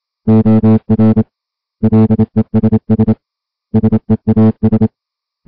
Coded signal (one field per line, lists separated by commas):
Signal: Morse code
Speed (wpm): 26 wpm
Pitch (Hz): 220 Hz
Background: music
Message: OR LESS SEAS